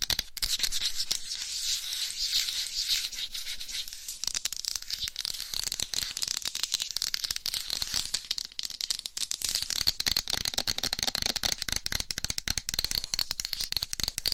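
Fast, aggressive scratching with nails on a microphone cover, a dense rapid texture of bright rasping strokes with no pauses. For the first four seconds the sound is softer and thinner, then it turns harsher and fuller with sharper crackling hits for the rest.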